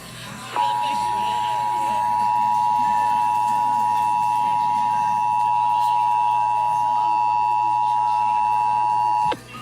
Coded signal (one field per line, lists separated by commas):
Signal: Emergency Alert System (SAME) tones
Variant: 853 and 960 Hz attention tone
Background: speech, music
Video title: Ventura Required Monthly Test EAS #167 169 7 6 21